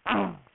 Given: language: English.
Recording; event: throat vibration sensor signal played as sound; throat clearing